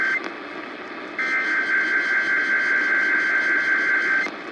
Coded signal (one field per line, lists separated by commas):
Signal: Emergency Alert System (SAME) tones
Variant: header bursts